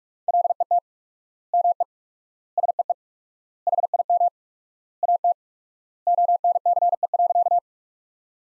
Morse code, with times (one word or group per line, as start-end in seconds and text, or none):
0.3-0.8 LET
1.5-1.8 ME
2.6-2.9 SEE
3.7-4.3 HIM
5.0-5.3 AT
6.1-7.6 ONCE.